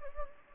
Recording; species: mosquito wingbeat signal from an infrared sensor; Anopheles gambiae